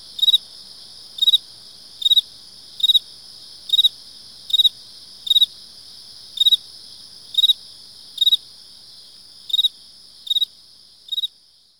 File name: kevin boucher. field cricket chirp close by others in background